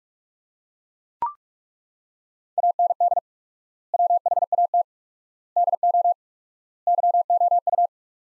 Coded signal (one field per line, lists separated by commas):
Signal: Morse code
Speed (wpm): 41 wpm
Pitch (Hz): 700 Hz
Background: none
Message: AND WHAT DO YOU